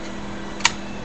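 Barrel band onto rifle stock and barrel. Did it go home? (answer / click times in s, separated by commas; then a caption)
yes / 0.7 s. During reassembly of a Ruger 10/22 rifle, the metal barrel band is slid over the wooden or synthetic stock and barrel and pushed until it snaps home. Against a quiet, steady background with a low hum, a single short, sharp click is heard at 0.7 s as the band seats firmly in place.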